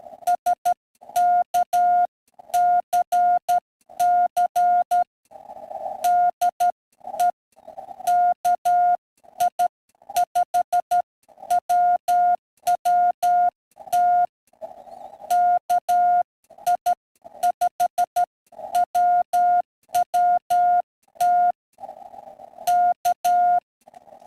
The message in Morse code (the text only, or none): SKCC DE KI5WWT KI5WWT K